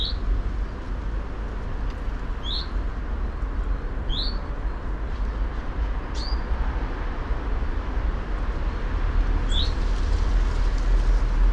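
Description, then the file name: Common chaffinch giving short rising calls, repeated irregularly every one and a half to three and a half seconds over a steady low rumble. "Fringilla coelebs"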